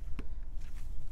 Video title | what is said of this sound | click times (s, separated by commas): Supermicro X8DTE, X8DTE-F, X8DT6, X8DT6-F Server Motherboard Review - CSE-823 - DDR3 Memory Install | more often than not what it is is that the module's not fully seated so you need to make sure you hear this click click one click | 0.2 s